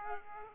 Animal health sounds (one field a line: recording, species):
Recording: mosquito wingbeat signal from an infrared sensor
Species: Aedes aegypti